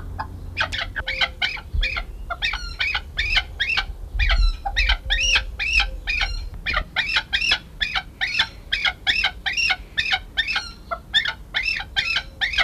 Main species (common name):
Chukar